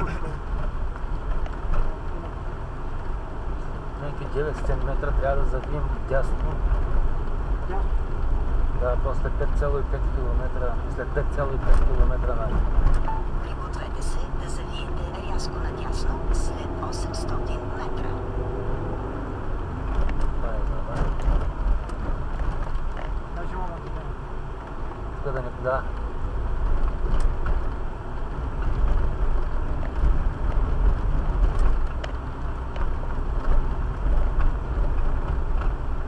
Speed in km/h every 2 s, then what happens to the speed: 15, 19, 22, 24, 26, 26, 27, 30, 36, 41, 25, 19, 21, 23, 26, 25, 25, 26.
0-17 speeds up to 41. 17-22 slows to 19. 22-28 speeds up to 26. 28-36 steady at about 25.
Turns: none.